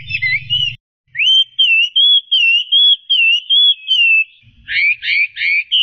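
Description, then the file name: Chinese hwamei song: a series of clear repeated whistled notes about three per second, then a burst of fast buzzy rising notes, with low rumbling at the start. "audio-kicauan-burung-hwamei omkicau"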